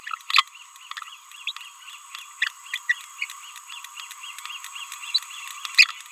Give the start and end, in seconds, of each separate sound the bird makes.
0.29-0.45, 1.47-1.52, 2.41-2.49, 2.73-2.80, 2.88-2.95, 3.22-3.26, 5.14-5.19